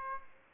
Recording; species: mosquito wingbeat signal from an infrared sensor; Aedes aegypti